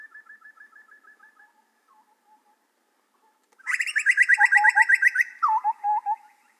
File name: grey butcherbird